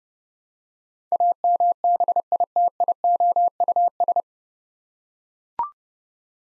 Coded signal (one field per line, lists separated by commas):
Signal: Morse code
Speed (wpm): 29 wpm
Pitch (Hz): 700 Hz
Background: none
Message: AMBITIOUS